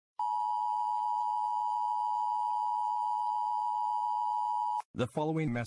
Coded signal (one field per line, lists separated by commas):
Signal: Emergency Alert System (SAME) tones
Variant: 853 and 960 Hz attention tone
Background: speech